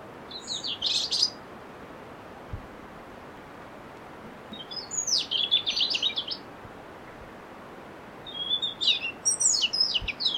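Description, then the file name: European robin song: three high, sweet warbled phrases of fast varied notes, separated by pauses of a few seconds, over constant background hiss. "Erithacus rubecula"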